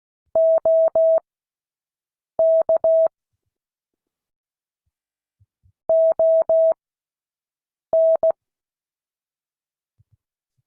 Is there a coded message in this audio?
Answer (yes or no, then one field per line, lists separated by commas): yes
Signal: Morse code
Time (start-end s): 0.4-8.3 s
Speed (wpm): 16 wpm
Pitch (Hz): 650 Hz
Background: none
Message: OK ON